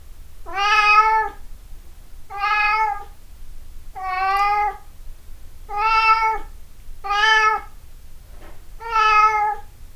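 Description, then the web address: Cat giving six strong meows, one every one and a half to two seconds, background otherwise quiet. 26 April 2008. "misc sound cat cat 20080426"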